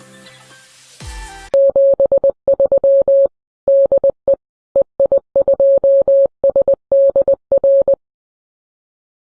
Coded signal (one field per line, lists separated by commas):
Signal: Morse code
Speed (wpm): 20 wpm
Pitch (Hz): 550 Hz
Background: music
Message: 73 DE EI2SDR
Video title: Building a 2m - 70cm Dual Band "Eggbeater" Antenna